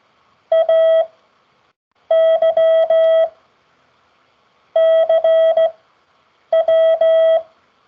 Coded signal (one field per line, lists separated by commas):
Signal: Morse code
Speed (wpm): 15 wpm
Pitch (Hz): 650 Hz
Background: none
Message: AY CW